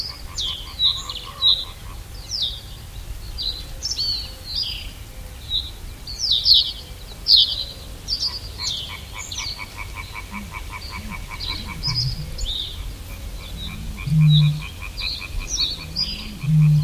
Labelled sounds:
Reed Bunting (Emberiza schoeniclus)

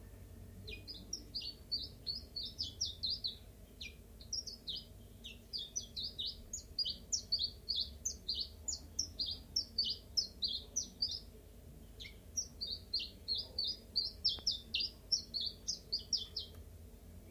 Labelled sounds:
Common Chiffchaff (Phylloscopus collybita)

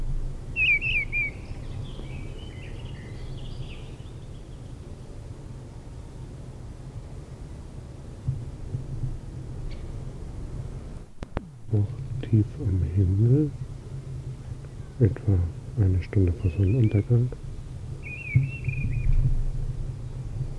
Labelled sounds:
Mistle Thrush (Turdus viscivorus) song

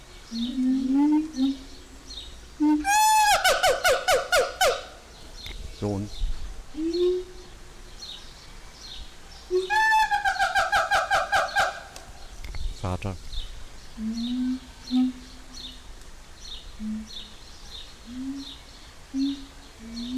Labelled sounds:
Siamang (Symphalangus syndactylus)

